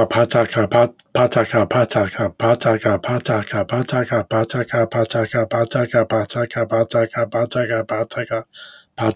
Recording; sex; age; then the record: repeated syllables /pa ta ka/; male; 30 to 39 years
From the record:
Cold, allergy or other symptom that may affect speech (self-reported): no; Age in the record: 37 years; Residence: Illinois, United States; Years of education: 16